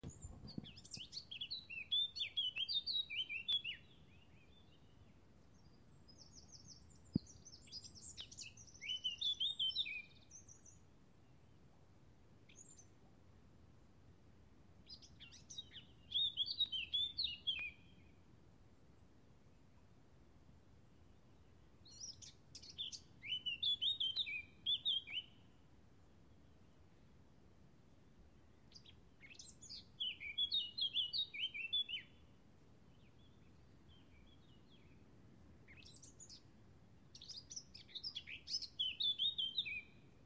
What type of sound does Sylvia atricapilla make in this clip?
song